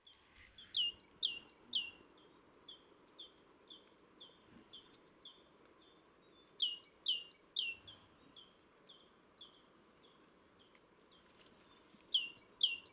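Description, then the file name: Great tit song in bursts: loud strophes of repeated two-note phrases, a quieter series between, then another loud burst near the end; light background hum. "Parus major"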